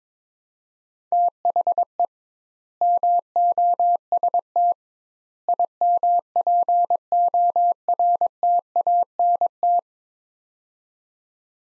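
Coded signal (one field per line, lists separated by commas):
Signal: Morse code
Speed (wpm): 22 wpm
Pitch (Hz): 700 Hz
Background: none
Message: THE MOST IMPORTANT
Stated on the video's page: Morse practice of three-word sets at 22 wpm with 2x word spacing, a Farnsworth-like method applied to words, each sent then spoken.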